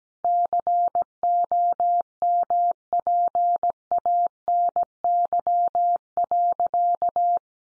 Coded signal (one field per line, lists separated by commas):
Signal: Morse code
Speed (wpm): 17 wpm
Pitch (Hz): 700 Hz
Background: none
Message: COMPANY.